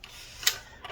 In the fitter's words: And the trackpad connector, click that in.